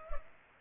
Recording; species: mosquito wingbeat signal from an infrared sensor; Culex pipiens